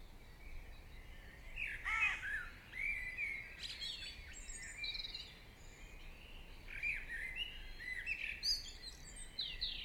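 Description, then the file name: Birds singing together, a strong descending whistle near two seconds, then mixed chirps, slurred whistles and trills continuing against faint background noise. Morning birdsong. "Chants Oiseaux du Matin"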